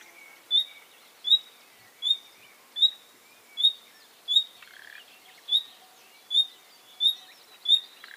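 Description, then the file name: Common nightingale giving a steady series of clear high whistles, with a brief lower note near the middle and another at the end, over soft background hiss. "Luscinia megarhynchos"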